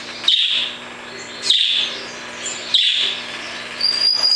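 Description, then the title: Double-collared seedeater giving three short buzzy high notes, each roughly 1.2 seconds apart, followed by a thin whistled note; faint hum in the background. "Canto Coleiro"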